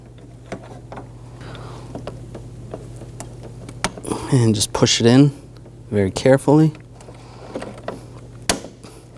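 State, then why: Seated. A plastic piece of a new fuel sending unit for a 2000–2006 BMW X5 is lined up with the level sensor and carefully pushed in, with small ticks and taps along the way while someone talks. A sharp snap at 8.5 s marks the part seating into place.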